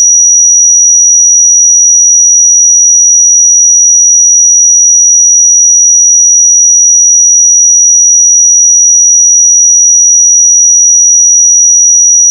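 A pure sine tone at 5808 Hz holds perfectly steady and bright for the whole twelve seconds, unbroken, with nothing else underneath.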